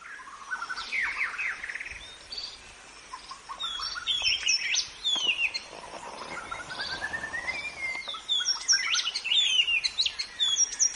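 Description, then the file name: White-rumped shama delivering a long varied song of high whistles, trills and rapid chirps, with many high-pitched twittering notes throughout. In forest. "suara muraibatu hutan omkicau"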